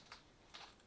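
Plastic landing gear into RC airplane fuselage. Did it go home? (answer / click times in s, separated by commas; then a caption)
no / none. Small plastic landing gear is being worked into the fuselage of an RC airplane; it has to be clipped in properly or it will fall off in flight. Two short, light ticks of plastic handling are heard at about 0.1 s and 0.6 s. Nothing has seated or clicked into place yet.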